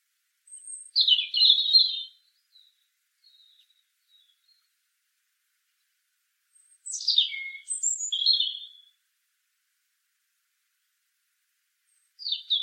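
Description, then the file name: European robin singing short, high, thin warbled phrases separated by long silent pauses of several seconds. "Erithacus rubecula"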